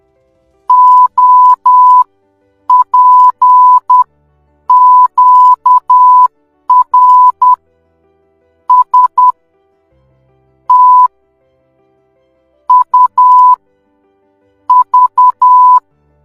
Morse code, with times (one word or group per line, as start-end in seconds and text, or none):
0.7-7.5 OPQR
8.7-9.3 S
10.7-11.1 T
12.7-13.5 U
14.7-15.8 V